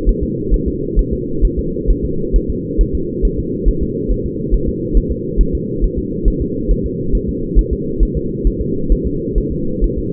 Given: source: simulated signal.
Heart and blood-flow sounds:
fetal heart sounds
0.09 s: S1
0.23 s: S2
0.54 s: S1
0.68 s: S2
0.99 s: S1
1.13 s: S2
1.45 s: S1
1.59 s: S2
1.91 s: S1
2.05 s: S2
2.36 s: S1
2.50 s: S2
2.81 s: S1
2.95 s: S2
3.25 s: S1
3.39 s: S2
3.69 s: S1
3.83 s: S2
4.12 s: S1
4.26 s: S2
4.54 s: S1
4.69 s: S2
4.97 s: S1
5.12 s: S2
5.41 s: S1
5.55 s: S2
5.84 s: S1
5.98 s: S2
6.28 s: S1
6.42 s: S2
6.71 s: S1
6.86 s: S2
7.15 s: S1
7.29 s: S2
7.59 s: S1
7.73 s: S2
8.03 s: S1
8.17 s: S2
8.47 s: S1
8.62 s: S2
8.92 s: S1
9.07 s: S2
9.38 s: S1
9.52 s: S2
9.84 s: S1
9.98 s: S2
From the record:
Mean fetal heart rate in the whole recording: 135 bpm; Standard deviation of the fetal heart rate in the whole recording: 3 bpm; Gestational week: 36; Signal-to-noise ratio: -6.6 dB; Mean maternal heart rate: 72 bpm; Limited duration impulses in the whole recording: present

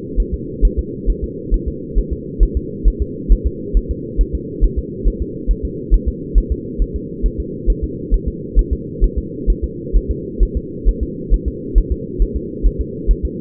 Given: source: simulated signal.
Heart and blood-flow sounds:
fetal heart sounds
0.20 s: S1
0.34 s: S2
0.65 s: S1
0.79 s: S2
1.10 s: S1
1.24 s: S2
1.54 s: S1
1.68 s: S2
1.98 s: S1
2.13 s: S2
2.43 s: S1
2.57 s: S2
2.88 s: S1
3.02 s: S2
3.32 s: S1
3.47 s: S2
3.77 s: S1
3.91 s: S2
4.21 s: S1
4.35 s: S2
4.64 s: S1
4.78 s: S2
5.08 s: S1
5.22 s: S2
5.51 s: S1
5.65 s: S2
5.94 s: S1
6.08 s: S2
6.38 s: S1
6.52 s: S2
6.82 s: S1
6.96 s: S2
7.26 s: S1
7.40 s: S2
7.70 s: S1
7.84 s: S2
8.14 s: S1
8.28 s: S2
8.59 s: S1
8.73 s: S2
9.04 s: S1
9.18 s: S2
9.50 s: S1
9.64 s: S2
9.96 s: S1
10.11 s: S2
10.43 s: S1
10.57 s: S2
10.88 s: S1
11.03 s: S2
11.34 s: S1
11.48 s: S2
11.78 s: S1
11.92 s: S2
12.22 s: S1
12.36 s: S2
12.66 s: S1
12.81 s: S2
13.11 s: S1
13.25 s: S2
From the record:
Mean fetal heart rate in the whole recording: 135 bpm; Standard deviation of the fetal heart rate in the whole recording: 3 bpm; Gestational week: 36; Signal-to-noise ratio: -4.1 dB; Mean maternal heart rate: no maternal heart sound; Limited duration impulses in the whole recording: absent

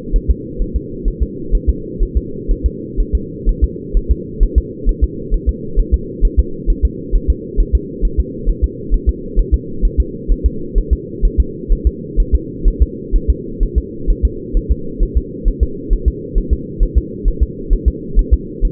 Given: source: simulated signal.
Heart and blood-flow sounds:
fetal heart sounds
0.16 s: S1
0.31 s: S2
0.62 s: S1
0.76 s: S2
1.08 s: S1
1.23 s: S2
1.55 s: S1
1.70 s: S2
2.03 s: S1
2.17 s: S2
2.51 s: S1
2.66 s: S2
3.00 s: S1
3.15 s: S2
3.49 s: S1
3.64 s: S2
3.97 s: S1
4.11 s: S2
4.43 s: S1
4.58 s: S2
4.89 s: S1
5.04 s: S2
5.34 s: S1
5.49 s: S2
5.79 s: S1
5.94 s: S2
6.25 s: S1
6.40 s: S2
6.70 s: S1
6.85 s: S2
7.15 s: S1
7.30 s: S2
7.60 s: S1
7.75 s: S2
8.05 s: S1
8.20 s: S2
8.49 s: S1
8.64 s: S2
8.94 s: S1
9.09 s: S2
9.39 s: S1
9.54 s: S2
9.85 s: S1
10.00 s: S2
10.31 s: S1
10.46 s: S2
10.78 s: S1
10.93 s: S2
11.25 s: S1
11.40 s: S2
11.73 s: S1
11.87 s: S2
12.20 s: S1
12.35 s: S2
12.68 s: S1
12.83 s: S2
13.16 s: S1
13.30 s: S2
13.63 s: S1
13.78 s: S2
14.10 s: S1
14.25 s: S2
14.57 s: S1
14.72 s: S2
15.03 s: S1
15.18 s: S2
15.48 s: S1
15.63 s: S2
15.93 s: S1
16.08 s: S2
16.38 s: S1
16.53 s: S2
16.83 s: S1
16.98 s: S2
17.28 s: S1
17.43 s: S2
17.73 s: S1
17.88 s: S2
18.19 s: S1
18.34 s: S2
18.65 s: S1
From the record:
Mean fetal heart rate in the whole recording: 130 bpm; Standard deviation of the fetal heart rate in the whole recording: 4 bpm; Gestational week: 38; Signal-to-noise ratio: -4.3 dB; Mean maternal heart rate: 72 bpm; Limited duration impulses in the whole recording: absent

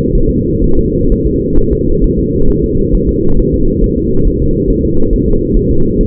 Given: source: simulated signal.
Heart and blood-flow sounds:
fetal heart sounds
0.15 s: S1
0.29 s: S2
0.64 s: S1
0.79 s: S2
1.12 s: S1
1.26 s: S2
1.59 s: S1
1.73 s: S2
2.04 s: S1
2.19 s: S2
2.50 s: S1
2.64 s: S2
2.95 s: S1
3.09 s: S2
3.39 s: S1
3.54 s: S2
3.84 s: S1
3.98 s: S2
4.27 s: S1
4.42 s: S2
4.70 s: S1
4.85 s: S2
5.13 s: S1
5.28 s: S2
5.57 s: S1
5.71 s: S2
6.01 s: S1
From the record:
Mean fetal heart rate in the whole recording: 130 bpm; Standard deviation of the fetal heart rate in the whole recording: 4 bpm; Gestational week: 38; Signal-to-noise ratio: -17.7 dB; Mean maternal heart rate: 72 bpm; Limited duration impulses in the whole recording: present

